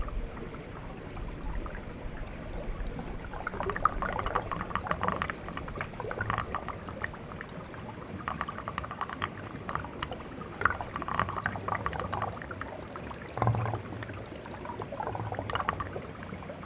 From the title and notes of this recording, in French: Eau de glace. Ruisseau de Putaval - Drôme - Nomad zaxcom - mkh8040. Cheminement sonore le long d'un ruisseau en grande partie gelé.